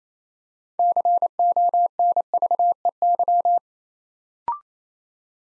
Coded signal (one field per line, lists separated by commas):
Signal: Morse code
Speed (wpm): 29 wpm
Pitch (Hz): 700 Hz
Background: none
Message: CONVEY